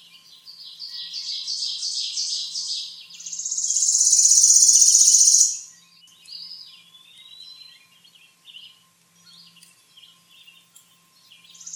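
Bird song: a run of high, quickly repeated chirping notes, then a loud, buzzy, even trill lasting about two seconds, followed by softer scattered high notes.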